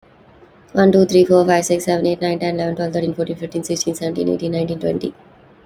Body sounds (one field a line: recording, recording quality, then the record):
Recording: counting at a fast pace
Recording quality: excellent, no background noise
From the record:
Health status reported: healthy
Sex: female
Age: 28 years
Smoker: yes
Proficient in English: yes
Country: India